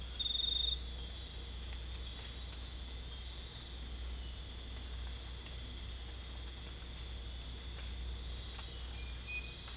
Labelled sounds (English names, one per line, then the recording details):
none
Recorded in dense forest near Puerto Asís, Putumayo, Colombia, on 22 December 2024 at 00:00
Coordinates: 0.486, -76.317
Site G003